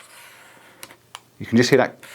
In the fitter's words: so just lock it off there's a little tiny screw there you just lock it off and there is actually a click if you listen carefully it clicks